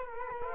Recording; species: mosquito wingbeat signal from an infrared sensor; Culex quinquefasciatus